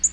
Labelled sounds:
Black-throated Green Warbler (Setophaga virens) flight call

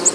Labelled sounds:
Black-throated Green Warbler (Setophaga virens) flight call

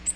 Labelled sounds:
Magnolia Warbler (Setophaga magnolia) flight call

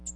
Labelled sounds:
American Redstart (Setophaga ruticilla) flight call

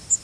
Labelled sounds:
Yellow Warbler (Setophaga petechia) flight call

